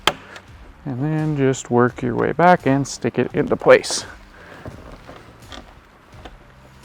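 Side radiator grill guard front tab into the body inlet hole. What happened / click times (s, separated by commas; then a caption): The plastic trim tab snapped into its hole / 0.1 s. The front tab of a plastic side radiator grill guard, tucked in at an angle, is pushed into its locating hole in the body inlet and seats with one sharp, loud click at 0.1 s. Someone then talks, and a few faint taps follow.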